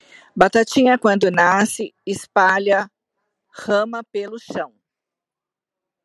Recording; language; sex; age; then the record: short text; Brazilian Portuguese; female; 50 to 59 years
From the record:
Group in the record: control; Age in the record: 56 years